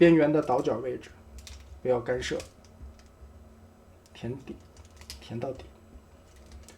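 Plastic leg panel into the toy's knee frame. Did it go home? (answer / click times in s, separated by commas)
yes / 6.7 s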